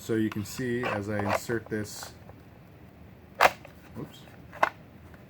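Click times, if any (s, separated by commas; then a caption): 4.6 s. A kydex holster shell is pushed onto a custom dash mount paddle, built by welding its back into the grooves of a G-Code paddle, while someone talks. After the talking stops, a sharp knock sounds around 3.4 s, then a crisp click at 4.6 s as the shell snaps into place. The fit is pretty sturdy.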